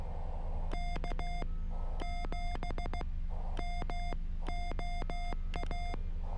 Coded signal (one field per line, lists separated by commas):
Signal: Morse code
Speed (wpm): 16 wpm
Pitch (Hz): 700 Hz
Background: none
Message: K 7 MOA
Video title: CW POTA CRAB at Biscayne National Park